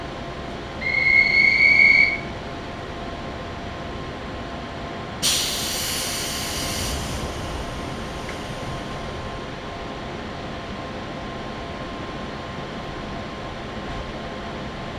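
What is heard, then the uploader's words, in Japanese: A local train on the Chuo West Line runs with a steady low rumble throughout. Near the start, a sharp, high squeal rings for about a second, and around the five-second mark a bright burst of hissing air rises and fades over two seconds. 中央西線 普通 中津川→十二兼。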